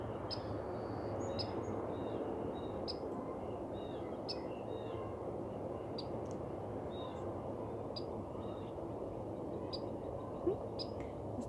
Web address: jak mowia wiewiorki smieszne odglosy wiewiorek piski wiewiorek